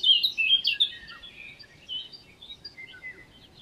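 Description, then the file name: Eurasian blackcap giving a brief, rapid warbled phrase that fades into softer scattered notes. "Sylvia atricapilla"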